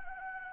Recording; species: mosquito wingbeat signal from an infrared sensor; Anopheles arabiensis